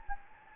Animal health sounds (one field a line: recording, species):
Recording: mosquito wingbeat signal from an infrared sensor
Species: Anopheles gambiae